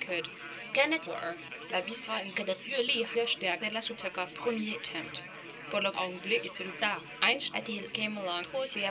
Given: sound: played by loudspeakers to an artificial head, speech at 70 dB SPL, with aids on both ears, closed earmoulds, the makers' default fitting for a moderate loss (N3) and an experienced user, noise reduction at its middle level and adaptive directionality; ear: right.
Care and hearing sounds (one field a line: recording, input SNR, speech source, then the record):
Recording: speech test signal (ISTS) in cocktail-party noise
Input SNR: +6 dB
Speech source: on the right (90 degrees)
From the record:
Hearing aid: class 2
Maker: C